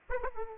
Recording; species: mosquito wingbeat signal from an infrared sensor; Aedes aegypti